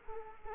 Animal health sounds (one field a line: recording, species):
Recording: mosquito wingbeat signal from an infrared sensor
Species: Culex quinquefasciatus